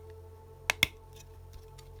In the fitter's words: just like that so push that you hear the snap so it's in place